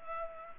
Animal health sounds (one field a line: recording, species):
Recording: mosquito wingbeat signal from an infrared sensor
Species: Culex pipiens